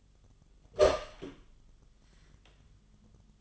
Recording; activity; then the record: daily activity, microphone in the room; open door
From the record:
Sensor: 4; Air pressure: 1005.8 hPa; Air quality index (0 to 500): 90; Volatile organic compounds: 2 ppm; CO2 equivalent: 1108 ppm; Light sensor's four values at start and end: 13/30/12/11 and 13/29/11/11